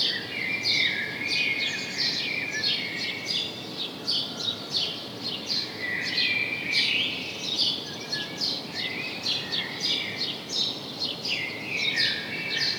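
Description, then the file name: House sparrow chatter, a near-continuous stream of chirps, busy and uneven throughout, over background noise. "Passer domesticus"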